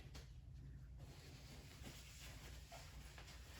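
A freshly lubricated fuel injector for a 2006 Pontiac GTO is lined up and slid into the opening of the engine fuel rail. Only a low, steady rumble and a brief faint tap near 0.2 s are heard. Nothing has seated or clicked yet.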